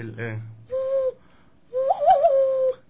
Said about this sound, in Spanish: Este sonido es más como un tipo silbido.